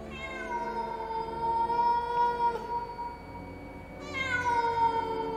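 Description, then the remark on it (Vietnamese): A weak black cat at a gate lets out a long, drawn-out meow, then a second rising meow follows after a brief dip, both loud and strongly tonal with no talking. “Bất chợt có tiếng mèo kêu khiến cho cả ba người giật mình.”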